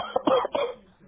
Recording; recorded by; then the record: voluntary cough; telephone call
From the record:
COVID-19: positive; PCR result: checked with the laboratory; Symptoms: yes